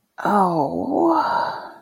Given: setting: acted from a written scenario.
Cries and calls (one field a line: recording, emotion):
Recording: vocal sound without words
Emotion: shame